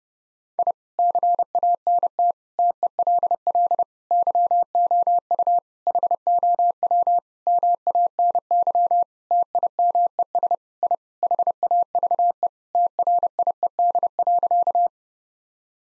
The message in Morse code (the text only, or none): I CANT TELL YOU HOW MANY TIMES I HAVE TRIED.